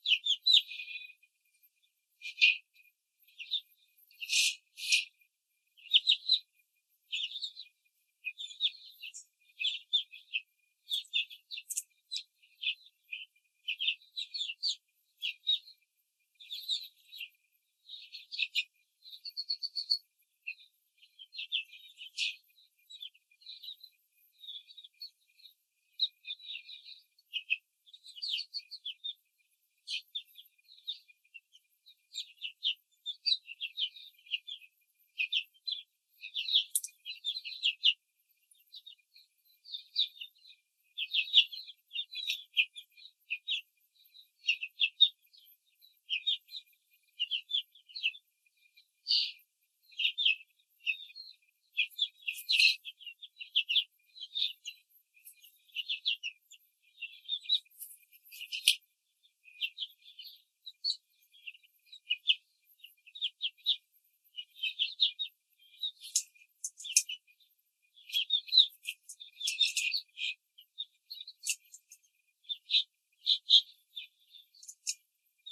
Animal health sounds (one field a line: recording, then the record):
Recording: young laying hens in a cage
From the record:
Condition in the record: control cage, after the stress test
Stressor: none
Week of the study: 4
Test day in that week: 3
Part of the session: 1